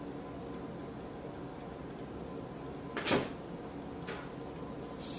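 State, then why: Partly seated. A fragile plastic part of a Zojirushi hot water boiler's pump is pressed back into its pump housing, giving one soft knock at 3.0 s over a steady low hum. The part ends up only partly in place, not fully seated, and the plastic is fragile and easy to damage.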